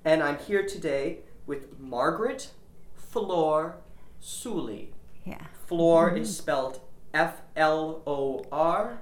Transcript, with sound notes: And I'm here today with Margaret Flor Sollie (he pronounces "Sollie" as "soolie")
Yeah.
Flor is spelled F-L-O-R.